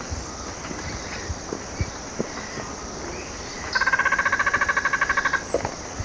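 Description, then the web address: Dusky Spinetail giving a fast, even trill of many rich notes lasting under two seconds, among scattered clicks and faint background chirps. Recorded in Ecuador. "Birds of Ecuador Dusky Spinetail"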